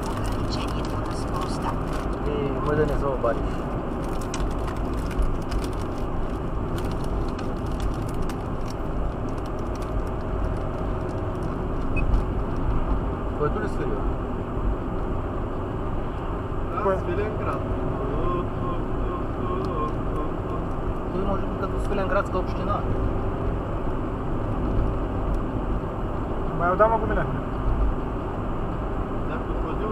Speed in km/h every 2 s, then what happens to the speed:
77, 73, 69, 67, 67, 69, 69, 69, 69, 70, 71, 73, 73, 74, 74.
0-6 slows to 67. 6-30 steady at about 69.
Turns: none.